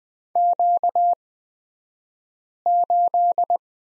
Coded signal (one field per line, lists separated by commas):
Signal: Morse code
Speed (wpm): 20 wpm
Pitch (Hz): 700 Hz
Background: none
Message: Q8